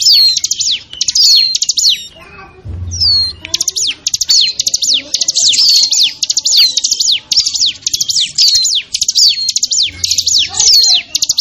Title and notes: Suara Pikat Burcil Ribut. Burung Liar. ciblek